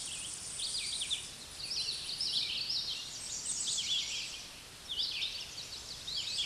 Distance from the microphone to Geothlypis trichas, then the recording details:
about 20 m. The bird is about level with the microphone. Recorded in a Pennsylvania forest on 16 May 2024 at 08:58. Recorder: AudioMoth, point MSD-2305. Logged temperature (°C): 16.9 °C. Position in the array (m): 42 m, 181 m